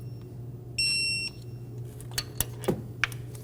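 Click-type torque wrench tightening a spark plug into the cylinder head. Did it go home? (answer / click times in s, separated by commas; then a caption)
yes / 3.0 s. A click-type torque wrench set to 14 ft-lb tightens a spark plug into the cylinder head of a 2008-2015 Scion xB 2.4L L4. A steady high tone sounds from about 0.8 to 1.3 s, followed by a few short ticks around 2.2, 2.4 and 2.7 s. The wrench gives its sharp click at 3.0 s, showing the plug has reached torque.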